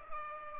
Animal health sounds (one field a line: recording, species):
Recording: mosquito wingbeat signal from an infrared sensor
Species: Culex pipiens